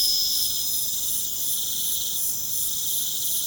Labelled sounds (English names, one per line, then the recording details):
none
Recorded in pastures near Puerto Asís, Putumayo, Colombia, on 25 June 2025 at 20:00
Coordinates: 0.472, -76.331
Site G095